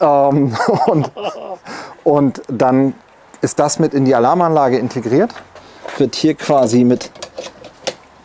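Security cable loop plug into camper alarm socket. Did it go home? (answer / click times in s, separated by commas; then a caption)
yes / 7.9 s. Someone talks while the plug on the end of a bicycle security cable loop is pushed into the alarm system socket inside a Pössl Vario 499 camper. A sharp click at 7.9 s marks the plug latching into place, so if the cable is cut or taken off the bike, the circuit breaks and the vehicle alarm goes off.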